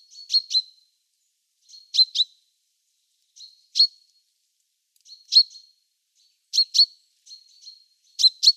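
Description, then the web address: Great tit calling with bright, clipped chinks, usually doubled, repeated at irregular intervals of one to two seconds. "Schulze Peter Great Tit calls"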